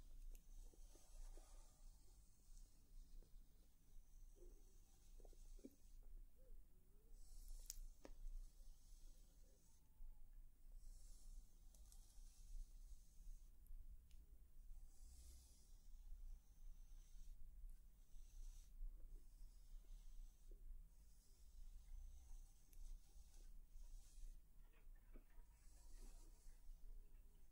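Soft brushing and touching sounds made up of airy, hissing sweeps that come in bursts every second or two, some longer strokes and a few quick taps. A steady low rumble sits underneath throughout, and the level stays fairly even.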